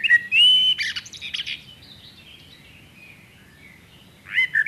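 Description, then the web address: Common blackbird song: a clear, fluted whistled phrase that trails into soft twittering, then a pause before another short whistled phrase begins. "chant xeno-canto merle noir"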